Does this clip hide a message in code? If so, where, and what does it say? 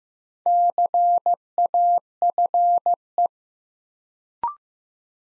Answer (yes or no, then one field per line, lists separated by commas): yes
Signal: Morse code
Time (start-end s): 0.5-3.3 s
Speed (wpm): 15 wpm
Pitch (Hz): 700 Hz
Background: none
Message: CAFE